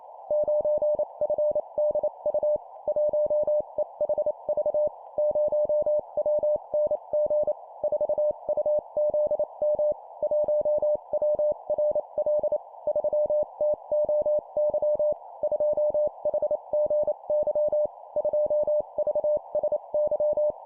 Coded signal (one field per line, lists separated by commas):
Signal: Morse code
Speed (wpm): 28 wpm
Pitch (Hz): 600 Hz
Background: none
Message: 9FDU 1EHV 0WNG 4UZM 1WRL 3TOY 2HGY 2VSY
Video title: 25wpm Four letter words number,letter,letter,letter, CW morse code Copy Speed improvement